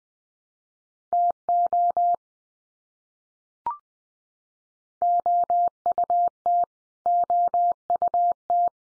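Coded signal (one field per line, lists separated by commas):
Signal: Morse code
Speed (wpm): 20 wpm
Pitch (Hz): 700 Hz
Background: none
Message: TO OUT OUT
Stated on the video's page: Head-copy drill of the 100 most common English words at 20 wpm, each word sent three times, then sent again.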